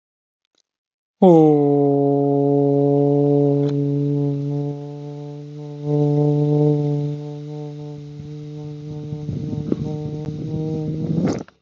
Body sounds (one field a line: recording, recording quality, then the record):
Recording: sustained vowel as in boot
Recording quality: excellent, no background noise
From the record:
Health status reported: healthy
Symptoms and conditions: diabetes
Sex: male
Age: 66 years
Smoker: not ticked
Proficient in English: yes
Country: India